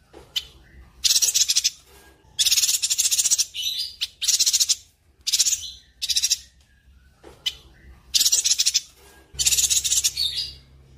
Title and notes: Pijantung Gunung Gacor Jernih Panjang. Masteran burung